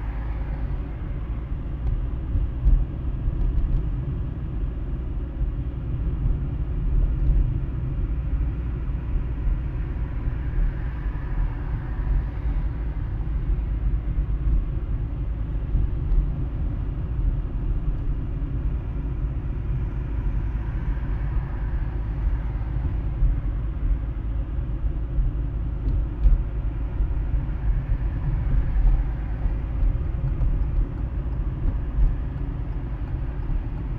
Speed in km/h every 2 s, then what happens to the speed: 26, 28, 28, 28, 27, 26, 25, 25, 26, 25, 24, 24, 25, 25, 25, 26, 27.
0-34 steady at about 26.